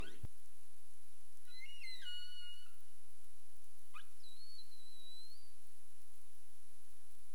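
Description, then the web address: Humpback whale calls: a brief click, then rising and wavering harmonic units, followed by a quick upsweep and a thin, high, steady tone, over soft hiss. 27 April 2035, 22:41 UTC. "CARIMAM. humpback whale 20350427 224131 UTC"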